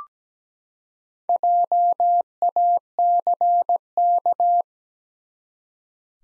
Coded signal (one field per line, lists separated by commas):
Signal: Morse code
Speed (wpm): 17 wpm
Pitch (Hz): 700 Hz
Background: none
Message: JACK